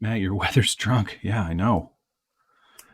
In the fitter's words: go back to bed there we go it's nice i like that little click together assembly